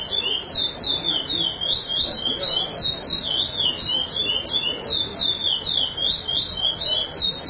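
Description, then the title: Chestnut-bellied seed finch singing a rapid, unbroken stream of bright slurred whistles that twist up and down, steady throughout, with faint low background noise. "Canto De Curio"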